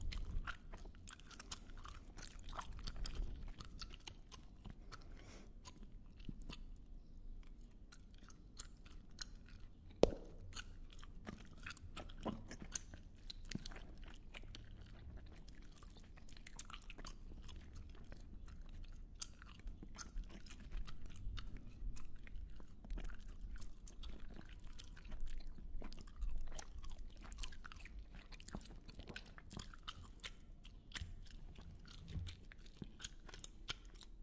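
Close mouth sounds: steady wet chewing and biting with many quick crisp clicks throughout, a sharp crunch near ten seconds, low rumble beneath.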